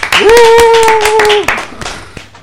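A small group claps in quick, uneven bursts while a long, steady cheer holds one pitch through the first second and a half; the clapping then thins to a few scattered claps.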